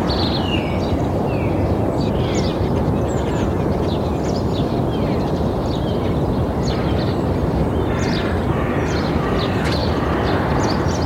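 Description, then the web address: Bird song, many small chirps and twitters from several birds above a heavy, constant roar of road traffic. Suburban setting in the morning; cars passing mid-distant with heavy traffic. "BBC. morning suburban birds with mid distant passing cars and heavy traffic skyline"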